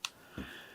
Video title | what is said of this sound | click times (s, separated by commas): [Complete Guide] Building A Silent Mechanical Keyboard | little click and they go back into place pretty easy so | 0.0 s